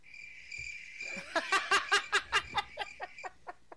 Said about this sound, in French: Qui a fait un bruit de criquet?